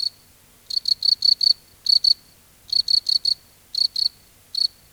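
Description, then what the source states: Cricket song of shrill, high chirps grouped in runs of one to five, each run separated by a short silence. Crickets at night in a field.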